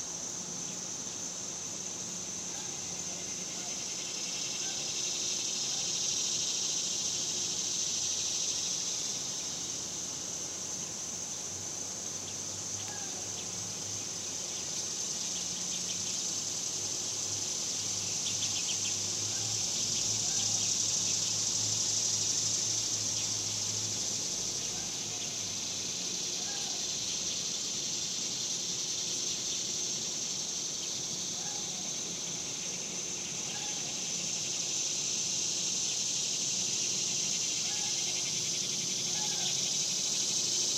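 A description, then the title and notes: Summer cicadas drone in a steady, dense, bright hiss that swells and eases slightly, with faint chirps and a low suburban rumble beneath. Ext Summer Cicadas, Suburbs by Bandeto.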